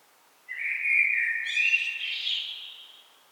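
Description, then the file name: Common blackbird singing one complete phrase: a smooth, fluting opening that breaks into a brighter, higher, chattering ending before trailing off. "Turdus merula"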